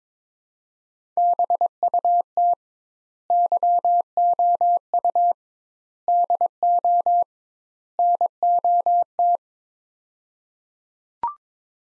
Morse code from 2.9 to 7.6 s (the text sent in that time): YOU DO